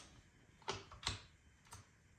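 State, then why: Not seated. After its latch screws are readjusted, an L3I Stinger magazine is pushed into a rifle's magazine well again, making short ticking contact sounds around 0.7, 1.1 and 1.7 seconds. The magazine still sticks out too far and has not latched.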